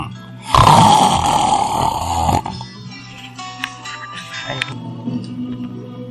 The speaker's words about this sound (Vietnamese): Đào Tông Kính lảm nhảm đáp vài tiếng rồi ngáy trở lại như sống